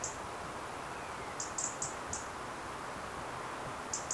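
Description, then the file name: European robin giving sharp, very high, thin call notes, singly and in quick runs, with a steady hiss underneath. "Erithacus rubecula"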